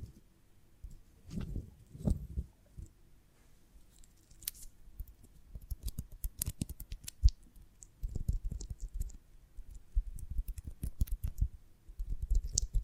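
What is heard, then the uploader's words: Honeycomb on a branch being handled, with irregular low thumps and soft rustles broken by sharp crackling clicks, busiest after the eight-second mark. ASMR of a Honeycomb on Branch (No Talking).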